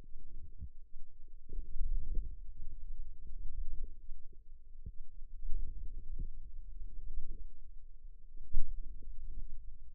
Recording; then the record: forearm muscle sounds (acoustic myography)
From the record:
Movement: radial deviation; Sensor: system 2, bracelet of six BSWA MPA416 microphones around the upper forearm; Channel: 5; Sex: female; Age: 22 years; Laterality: right